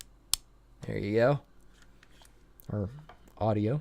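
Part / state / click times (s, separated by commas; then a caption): stylus in its phone housing slot / released / 0.3 s. A stylus (S Pen) is pulled out of its spring-loaded slot in a Samsung Galaxy Note 9 smartphone, giving a sharp click at 0.3 seconds, and the stylus is released. Someone talks afterward.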